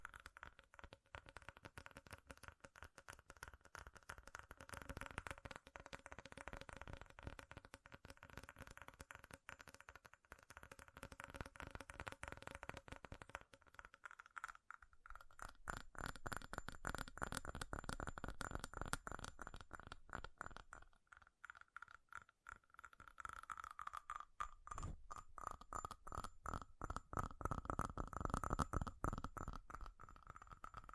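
Rapid, relentless tapping on metal, the hits packed so tightly they blur into a rattling stream. A steady ringing tone sits beneath the taps. The tapping thins briefly around the middle and again near twenty-two seconds before surging back just as fast.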